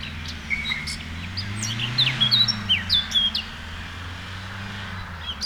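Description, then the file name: Eurasian blackcap giving one short warbled phrase of slurred whistles midway through, over a steady low hum. "Sylvia atricapilla"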